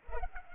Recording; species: mosquito wingbeat signal from an infrared sensor; Culex pipiens